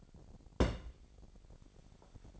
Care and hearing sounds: daily activity, microphone in the room; place on stove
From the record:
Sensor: 5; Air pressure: 1012.1 hPa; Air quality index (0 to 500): 235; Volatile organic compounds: 4 ppm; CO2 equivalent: 1561 ppm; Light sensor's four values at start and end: 45/103/43/46 and 44/100/42/45

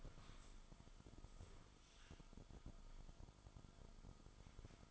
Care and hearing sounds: daily activity, microphone in the room; stand up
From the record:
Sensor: 5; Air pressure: 1005.1 hPa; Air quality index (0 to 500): 104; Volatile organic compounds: 2 ppm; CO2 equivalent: 1272 ppm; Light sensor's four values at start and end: 34/78/31/30 and 34/78/31/29

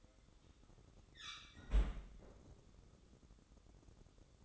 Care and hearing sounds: daily activity, microphone in the room; close fridge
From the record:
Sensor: 3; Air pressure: 995.2 hPa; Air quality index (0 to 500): 78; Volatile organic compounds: 6 ppm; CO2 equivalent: 1843 ppm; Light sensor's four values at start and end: 19/57/24/21 and 19/57/24/21

